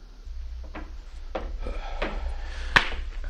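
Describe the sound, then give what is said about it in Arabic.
A heavy, eight-century-old cedar wood door being worked open or shut: a few soft wooden knocks and scrapes, then one sharp, louder clack near the end, over a steady low rumble. “هذا الباب من خشب الأرز بلا شك.”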